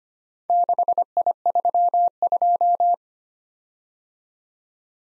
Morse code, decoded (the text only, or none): 6I32